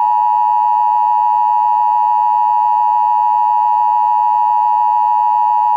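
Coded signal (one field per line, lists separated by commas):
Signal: Emergency Alert System (SAME) tones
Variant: 853 and 960 Hz attention tone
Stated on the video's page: EAS tones taken from a fictional Meteor X EAS clip, used in a short animation.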